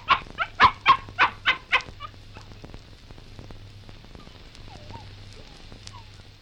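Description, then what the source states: Dog: puppy giving a quick run of about seven sharp, harmonic yelps in two seconds, then soft, thin whimpers scattered over a quiet background. Puppy of unknown breed, whining and barking.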